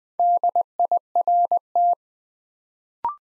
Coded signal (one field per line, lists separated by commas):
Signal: Morse code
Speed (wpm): 20 wpm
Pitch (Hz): 700 Hz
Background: none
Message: DIRT